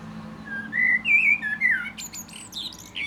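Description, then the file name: Common blackbird song: rising and falling fluted whistles, then a burst of thin, squeaky high twitters. "Turdus merula"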